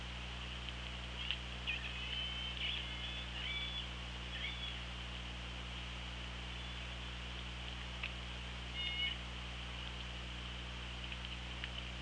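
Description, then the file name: Killer whale: orca vocalizing underwater: a cluster of thin, level and gently sliding whistles early on, another brief burst near nine seconds, all over constant hydrophone hiss and low hum. Recorded by the OrcaLab hydrophone on 24 August 2017 at 18:42. "Orca Lab UTLN JASON 20170824 184213"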